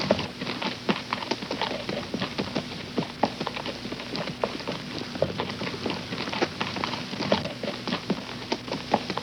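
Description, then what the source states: Horse hooves clattering continuously, crisp knocks following each other rapidly without a break. Long steady walk.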